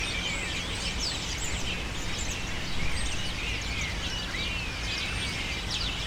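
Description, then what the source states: Birds in full chorus, repeated curving squeals and sharp chirps overlapping constantly, with a low background rumble throughout. Birds taking refuge in cypresses in the recordist's city, screaming without stopping, especially in the afternoon.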